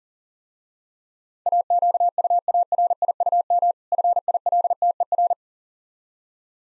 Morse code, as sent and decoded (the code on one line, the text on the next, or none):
.- --.- ..- .- .-. .. ..- -- / ..-. .. .-.. - . .-.
AQUARIUM FILTER